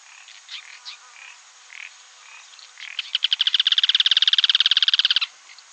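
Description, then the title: Yellow-chinned spinetail song: a fast, rattling trill of sharp repeated notes that starts slowly and speeds up, lasting about two seconds, after scattered faint chirps. "LuckyPassaro Completos2Sama. Yellow-chinned Spinetail (Certhiaxis cinnamomeus)"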